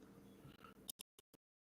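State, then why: Seated. A snap-fit piece of a coil spool frame, likely printed plastic, is pressed by hand into its socket, which was first cleaned out with sandpaper. After a stretch of low, busy background noise, a few short sharp clicks sound against near silence, and the piece clicks into place at 1.0 s under some pressure. It holds tight with no glue.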